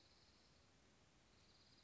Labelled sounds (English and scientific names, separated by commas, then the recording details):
Dark-eyed Junco (Junco hyemalis)
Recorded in Sonoma County, California